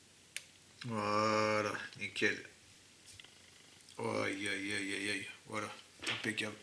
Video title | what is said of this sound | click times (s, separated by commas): honda NSX lb performance - tamiya - 1/24 - part 4 | d'avoir et là ça ça ça s'enclenche est impeccable | 0.4 s